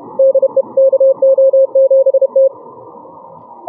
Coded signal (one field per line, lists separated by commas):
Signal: Morse code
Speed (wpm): 31 wpm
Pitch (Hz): 540 Hz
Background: none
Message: DE KO7T